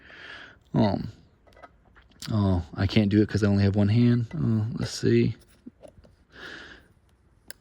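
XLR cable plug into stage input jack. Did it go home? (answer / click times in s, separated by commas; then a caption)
yes / 7.5 s. Someone talks while pushing an XLR cable plug into a stage input socket with one hand, struggling with it at first. A sharp click at 7.5 s marks the connector seating, with its release button popping out.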